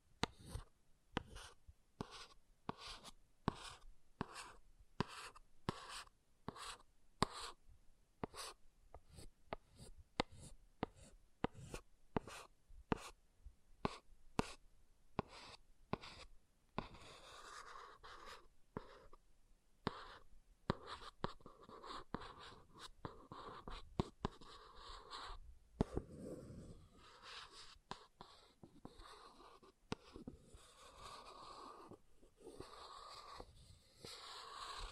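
An object scratching across a surface, starting with a fast, regular run of sharp scrapes for about the first seventeen seconds. After that the strokes turn looser and uneven, becoming longer, grittier rubs with short pauses, a deeper scrape around twenty-six seconds.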